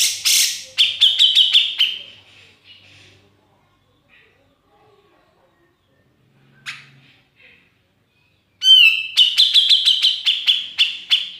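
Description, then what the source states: Grey-cheeked bulbul: a rapid series of sharp notes, a long quiet stretch with faint chips, then a ringing note and another fast chattering run. Masteran training recording, used for tutoring songbirds.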